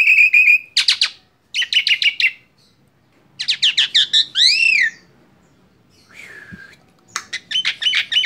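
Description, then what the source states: Asian pied starling song: clusters of rapid chirps and rattles, arched whistled notes, a quiet pause, then another burst of quick chirping. Training recording (masteran) of song used to teach caged birds.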